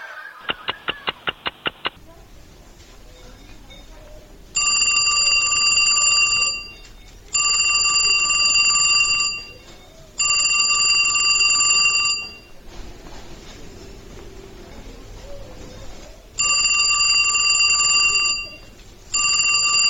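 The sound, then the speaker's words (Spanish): A telephone rings in repeated bright, buzzing bursts of about two seconds each, separated by short pauses and one longer gap, after a quick series of sharp clicks at the start. “Ay, perdón, no escuché el teléfono, pero ya estoy comprando lo que me pediste.”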